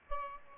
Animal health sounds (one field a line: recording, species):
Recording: mosquito wingbeat signal from an infrared sensor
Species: Aedes albopictus